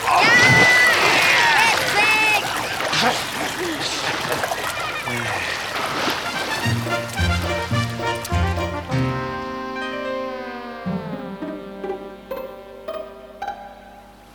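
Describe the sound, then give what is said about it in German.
A father is pushed off an air mattress into the water by his children, tumbling in with a noisy splash amid excited shouting voices, followed by lively music. “Schubst doch. Da, runter ins Wasser.”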